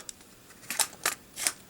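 A plastic barrel extension is lined up and pushed into the gun-mode barrel of an X-Transbots Apollyon (Masterpiece Megatron) transforming robot figure. Several short, bright clicks and taps are heard, with the loudest at 1.1 s as the extension seats into place.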